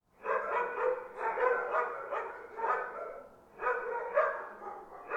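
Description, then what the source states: Dogs barking in dense, overlapping bursts, almost continuous, with a brief lull near the middle before the barking picks up again. Dogs barking in the distance.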